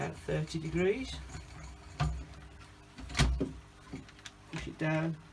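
An Oase Bitron Gravity 60 W UV clarifier unit for a pond is turned about 30 degrees and pushed down into a plastic Oase Individual filter chamber module while someone talks. Short plastic handling knocks are heard around 3.2 s and 4.1–4.6 s. The clip ends before the unit goes home, so nothing has seated or clicked yet.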